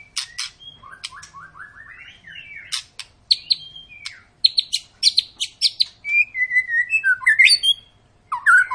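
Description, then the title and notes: White-rumped shama singing a long varied song: rising series of whistled notes, sharp high chips, buzzy phrases and fluty slurred whistles, growing louder after four seconds. Long lure song of an actively singing shama, used to prompt other birds to sing. "Pancingan Murai Batu Gacor Panjang. muraiku"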